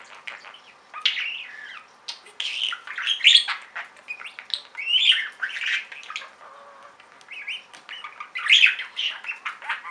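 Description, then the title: Budgerigar chatter, a stream of quick chirps, clicks and warbled notes, rising and falling in loudness with brief lulls. "Budgie Sounds"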